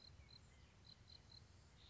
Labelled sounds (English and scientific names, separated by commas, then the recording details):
White-breasted Nuthatch (Sitta carolinensis)
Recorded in Sonoma County, California